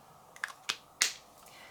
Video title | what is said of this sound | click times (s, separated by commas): Caring for Uni Posca Paint Markers | the other thing is always important is when you finished using the pen to snap the cap back on so you hear it click | 1.0 s